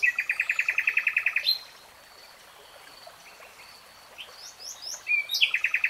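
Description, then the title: Nightingale song: a fast, even trill of repeated notes, a long pause, then short upward flicks and a renewed rapid trill. Singing, from a three-hour real-time recording. "[Tiếng chim hót] 3 Hours REALTIME Nightingale Singing"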